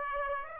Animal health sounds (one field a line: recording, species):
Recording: mosquito wingbeat signal from an infrared sensor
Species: Aedes aegypti